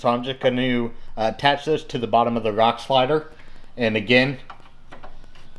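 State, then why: Seated. Someone talks while a LUX Lighting Systems LED rock light pod mount, magnetic or clip-style, is pressed onto the underside of a steel Poison Spider rock slider on a Jeep Wrangler. A short snap is heard at 5.0 s, followed by a few faint ticks, as the mount seats into place.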